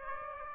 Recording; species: mosquito wingbeat signal from an infrared sensor; Aedes aegypti